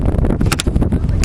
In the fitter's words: push it until you hear that click